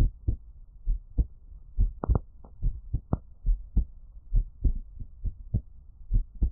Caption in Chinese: 獻上我的心跳 | Give my Heartbeat | NO Talking。